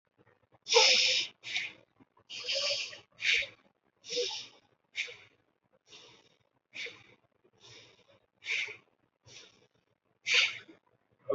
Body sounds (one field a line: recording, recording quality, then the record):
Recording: shallow breathing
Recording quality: moderate, slight background noise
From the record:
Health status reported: healthy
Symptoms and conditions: none ticked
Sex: male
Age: 26 years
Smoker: not ticked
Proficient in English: yes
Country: India